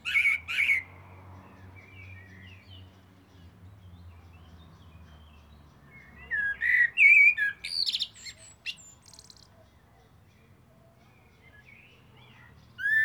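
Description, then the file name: Common blackbird singing mellow fluted phrases that end in thin, scratchy twittering, separated by long gaps over a faint low hum. "Turdus merula"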